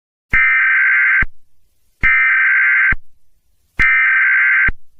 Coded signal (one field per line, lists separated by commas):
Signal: Emergency Alert System (SAME) tones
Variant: header bursts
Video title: EAS Scenario: Omega Mart Lemons! (Read Description!)